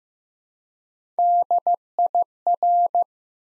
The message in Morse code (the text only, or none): DIR